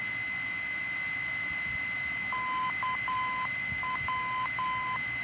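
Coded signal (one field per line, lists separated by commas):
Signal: Morse code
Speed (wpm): 10 wpm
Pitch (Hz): 1020 Hz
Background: none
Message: KW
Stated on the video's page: Non-directional beacon near Klagenfurt airport, transmitting on 313 kHz.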